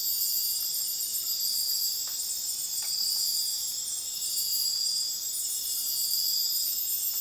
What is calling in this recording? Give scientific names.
none